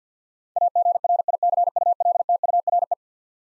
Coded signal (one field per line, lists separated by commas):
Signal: Morse code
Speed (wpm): 50 wpm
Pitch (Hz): 700 Hz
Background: none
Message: AGRICULTURE